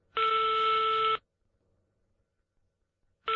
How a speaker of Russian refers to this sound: Из ближайшего автомата набрал номер телефона начальника связи.